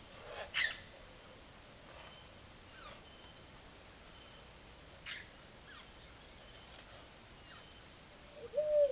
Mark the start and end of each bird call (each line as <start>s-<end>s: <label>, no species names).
0.00s-0.81s: bird call
1.84s-3.01s: bird call
4.96s-5.88s: bird call
8.19s-8.92s: bird call